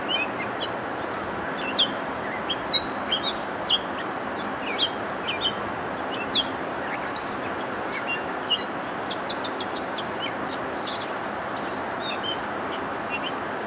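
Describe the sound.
Gray catbird song: a steady jumble of short, varied chirps and squeaky notes, many sharp and high, over a constant broad hiss of background noise.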